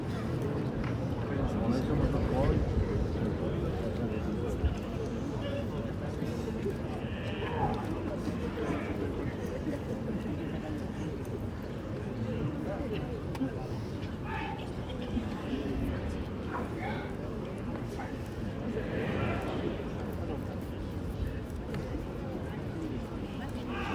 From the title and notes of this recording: Bullfight, Plaza de toros de la Real Maestranza de Caballería de Sevilla, Spain. By Charity Be.